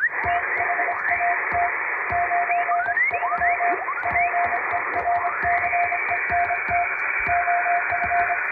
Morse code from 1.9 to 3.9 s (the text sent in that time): 93